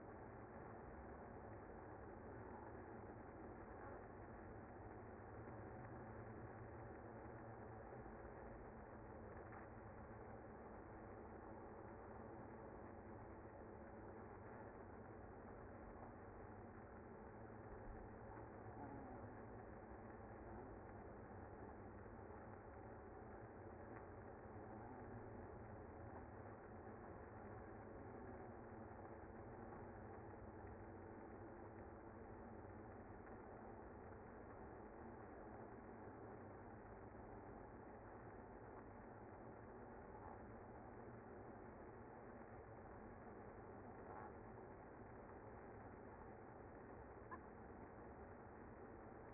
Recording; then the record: honeybee colony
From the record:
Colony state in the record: active